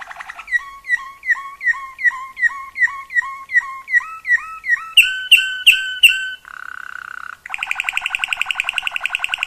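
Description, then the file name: Waterslager canary song: a run of repeated liquid notes about three per second, then louder notes, a brief steady tone, and a fast trill at the end. Waterslager canary song variations. "kenari waterslager variasi omkicau"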